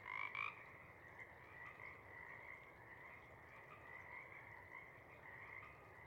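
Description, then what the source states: Pacific chorus frog chorus, a faint steady band of overlapping calls, with one louder croak at the very start. Pacific chorus frog (Pseudacris regilla) chorus at a pond in the pre-morning twilight as the late night wanes; the chorus waxes and wanes.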